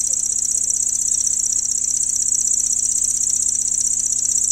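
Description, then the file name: Lanceolated warbler pouring out an even, non-stop reel of rapid high ticks throughout, like a cricket, with no pauses. "Llanciolata"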